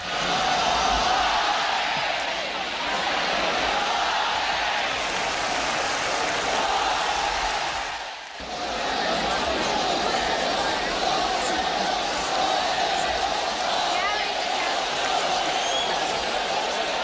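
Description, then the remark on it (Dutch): A large, ecstatic crowd at a bullfight, in its final phase as the torero challenges the bull with a red cloth, roars and cheers in a dense, continuous wall of voices, dropping off for a brief moment midway before surging back just as loud. “Het is een uitzinnig publiek, horen we eigenlijk... in de laatste fase van een stierengevecht... waarin de torero met een rode doek de stier uitdaagt.”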